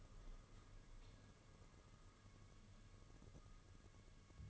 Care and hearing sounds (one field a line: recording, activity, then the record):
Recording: daily activity, microphone in the room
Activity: light on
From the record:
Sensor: 4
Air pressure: 995.3 hPa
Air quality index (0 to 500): 210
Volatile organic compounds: 221 ppm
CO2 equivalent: 4278 ppm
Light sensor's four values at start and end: 9/20/8/9 and 9/21/8/10